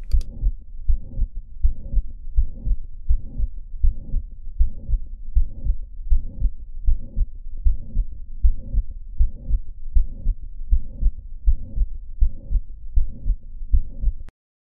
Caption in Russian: Трикуспидальная точка. Систолический шум легкой трикуспидальной недостаточности. Он высокочастотный, так как благодаря большому систолическому давлению в правом желудочке градиент давления правый желудочек, правое предсердие высокий.